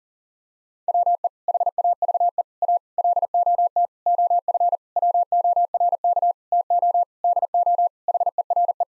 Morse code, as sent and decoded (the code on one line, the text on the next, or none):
.-- . / .... .- ...- . / .- / .-.. --- - / --- ..-. / .-- --- .-. -.- / - --- / -.. --- / .... . .-. .
WE HAVE A LOT OF WORK TO DO HERE